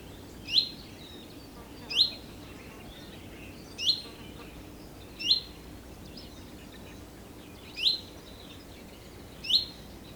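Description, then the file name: Common chaffinch giving a sharp, ringing 'pink' call six times at uneven intervals of one and a half to two and a half seconds, over low background noise. "Fringilla coelebs"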